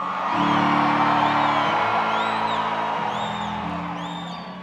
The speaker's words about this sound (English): So you have two choices. It's fucking Friday or it's fucking Saturday. Show me by a round of applause or some noise. Who wants to be Friday today?